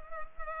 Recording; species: mosquito wingbeat signal from an infrared sensor; Culex pipiens